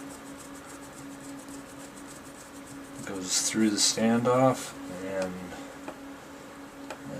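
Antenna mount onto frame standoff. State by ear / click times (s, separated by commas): seated / 6.9 s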